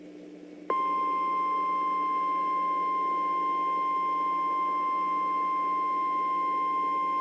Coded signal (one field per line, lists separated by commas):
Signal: Emergency Alert System (SAME) tones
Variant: 1050 Hz attention tone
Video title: abs-cbn eas